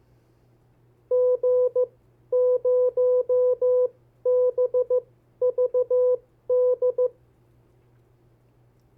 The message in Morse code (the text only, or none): G0BVD